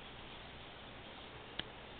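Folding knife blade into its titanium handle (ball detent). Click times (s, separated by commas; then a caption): 1.6 s. A folding knife with a titanium handle is closed, and the blade snaps into the handle, where the ball detent holds it, perfectly centered. Against a steady low hiss, one short, sharp click sounds at 1.6 s, and the blade is seated.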